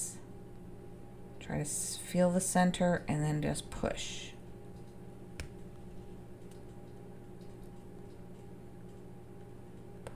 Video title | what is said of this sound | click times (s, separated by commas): Kaweco AL Sport Aluminum Fountain Pen Review 🖊 Limited Edition Iguana Blue FINE NIB unboxing | so i just push until i hear it pop | 5.4 s